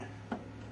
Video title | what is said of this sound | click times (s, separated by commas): Maytag Washing Machine Not Filling With Water - See What Parts You Need To Check | push on until it snaps in place now | 0.3 s